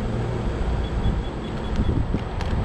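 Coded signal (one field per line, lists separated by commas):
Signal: none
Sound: self-balancing scooter's beeps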